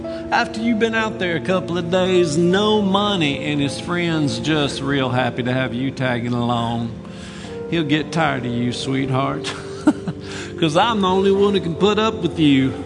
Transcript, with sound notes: After you’ve been out there a coupla of days—no money and his friends just real happy to have you taggin’ along—he’’ll get tired of you, sweetheart.. (he laughs) .because I’m the only one that can put up with you!